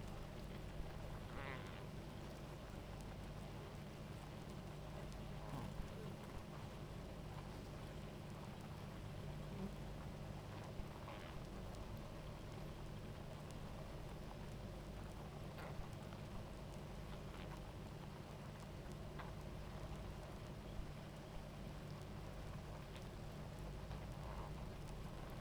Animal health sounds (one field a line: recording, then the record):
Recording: honeybee colony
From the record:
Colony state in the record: active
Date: 28 July 2017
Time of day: 17:59